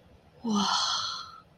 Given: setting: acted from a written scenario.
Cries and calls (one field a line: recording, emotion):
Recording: vocal sound without words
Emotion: awe